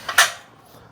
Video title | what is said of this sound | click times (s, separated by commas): Best Bike Rack For Ebikes: QuikRStuff Mach 2 | They lock into place. | 0.1 s, 0.2 s